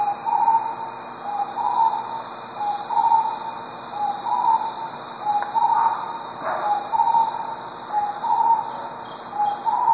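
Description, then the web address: Starred wood quail repeating mellow two-part whistled phrases about every 1.3 seconds. Recorded in Ecuador. "Birds of Ecuador. Starred Wood Quail"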